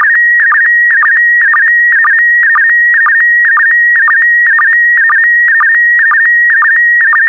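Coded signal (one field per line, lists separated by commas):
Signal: SSTV (slow-scan television)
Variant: PD120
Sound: steady high whistle with rhythmic chirping dips about twice per second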